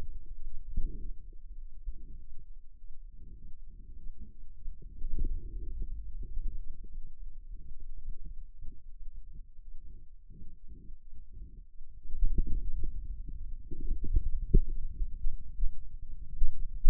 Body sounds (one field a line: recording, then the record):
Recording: forearm muscle sounds (acoustic myography)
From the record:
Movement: inward rotation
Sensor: system 2, bracelet of six BSWA MPA416 microphones around the upper forearm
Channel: 2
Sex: male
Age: 22 years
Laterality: right